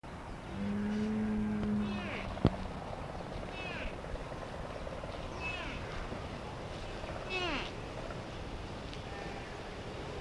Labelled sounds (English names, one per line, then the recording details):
Mule Deer
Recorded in captivity
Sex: pair
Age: adult
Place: Tierpark Berlin, Berlin, DE
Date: 1965-10-16 15:00
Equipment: Telefunken Magnetophon 300, Sennheiser MD 421, Transistorverstärker 2
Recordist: Tembrock, Günter